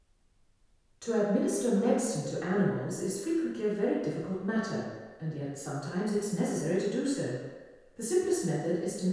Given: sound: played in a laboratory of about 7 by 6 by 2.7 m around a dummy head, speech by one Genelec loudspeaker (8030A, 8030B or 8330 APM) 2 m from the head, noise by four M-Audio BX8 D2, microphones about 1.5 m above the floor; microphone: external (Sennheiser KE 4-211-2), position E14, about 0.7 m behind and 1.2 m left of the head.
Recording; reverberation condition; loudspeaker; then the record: female speech in English; high; 120 degrees to the right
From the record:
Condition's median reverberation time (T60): about 1300 ms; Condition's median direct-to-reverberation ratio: about -4.0 dB